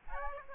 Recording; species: mosquito wingbeat signal from an infrared sensor; Aedes aegypti